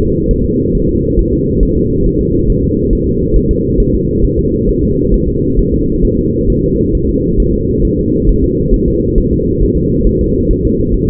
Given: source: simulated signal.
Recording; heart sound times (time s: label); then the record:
fetal heart sounds
0.01 s: S2
0.31 s: S1
0.45 s: S2
0.75 s: S1
0.89 s: S2
1.19 s: S1
1.33 s: S2
1.63 s: S1
1.77 s: S2
2.06 s: S1
2.21 s: S2
2.50 s: S1
2.64 s: S2
2.93 s: S1
3.07 s: S2
3.36 s: S1
3.51 s: S2
3.80 s: S1
3.95 s: S2
4.25 s: S1
4.39 s: S2
4.69 s: S1
4.83 s: S2
5.14 s: S1
5.28 s: S2
5.59 s: S1
5.74 s: S2
6.05 s: S1
6.19 s: S2
6.50 s: S1
6.64 s: S2
6.95 s: S1
7.09 s: S2
7.40 s: S1
7.54 s: S2
7.85 s: S1
7.99 s: S2
8.29 s: S1
8.44 s: S2
8.74 s: S1
8.88 s: S2
9.18 s: S1
9.33 s: S2
9.62 s: S1
9.77 s: S2
10.07 s: S1
10.21 s: S2
10.51 s: S1
10.65 s: S2
10.94 s: S1
11.09 s: S2
From the record:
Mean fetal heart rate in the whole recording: 135 bpm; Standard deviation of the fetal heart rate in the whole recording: 3 bpm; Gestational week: 36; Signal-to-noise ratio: -14.7 dB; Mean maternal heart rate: 72 bpm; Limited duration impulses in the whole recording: present